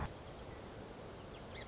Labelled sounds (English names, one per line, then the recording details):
Song Sparrow
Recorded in Sonoma County, California